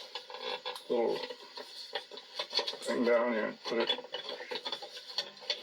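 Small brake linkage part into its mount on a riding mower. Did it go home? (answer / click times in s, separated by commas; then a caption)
yes / 5.5 s. A small metal brake linkage part is pressed down into its mount on a restored 1977 Snapper model 3081 riding mower while someone talks. Light metallic handling clicks and rattles are heard, and the part snaps into place at 5.5 seconds.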